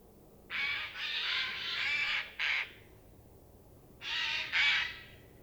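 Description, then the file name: Eurasian jay giving harsh, rasping screeches: a run of several calls, then a pause and two more hoarse calls close together. "Garrulus glandarius"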